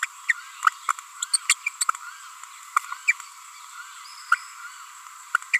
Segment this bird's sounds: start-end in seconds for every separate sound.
0.02-0.06, 0.28-0.32, 0.66-0.69, 1.33-1.36, 1.49-1.53, 1.81-1.84, 2.76-2.79, 2.92-2.94, 3.07-3.11, 4.32-4.35, 5.34-5.37, 5.53-5.58